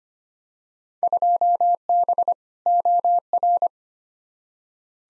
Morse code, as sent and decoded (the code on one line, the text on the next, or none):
..--- -... / --- .-.
2B OR